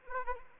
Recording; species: mosquito wingbeat signal from an infrared sensor; Anopheles arabiensis